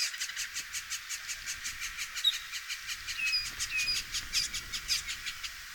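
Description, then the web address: Northern mockingbird singing a fast, steady series of short scratchy notes, with thin high whistled notes threaded through. "sound Northern-mockingbird. صدای-پرنده-مرغ-تقلیدگر-شمالی"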